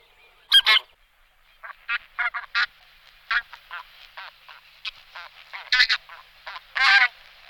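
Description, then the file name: Bean goose honks, short nasal calls given singly and in quick pairs, with a few sharper, louder calls standing out. "Husa polni Anser fabalis"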